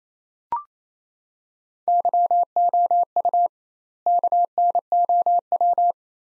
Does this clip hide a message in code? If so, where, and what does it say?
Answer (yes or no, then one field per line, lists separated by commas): yes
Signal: Morse code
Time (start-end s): 1.9-5.9 s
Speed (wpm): 28 wpm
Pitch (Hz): 700 Hz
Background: none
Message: YOU KNOW